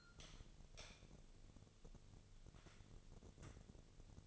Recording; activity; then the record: daily activity, microphone in the room; light on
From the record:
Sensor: 4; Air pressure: 1000.8 hPa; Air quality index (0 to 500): 127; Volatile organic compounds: 1 ppm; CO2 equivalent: 952 ppm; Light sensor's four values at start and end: 34/81/34/37 and 36/90/37/41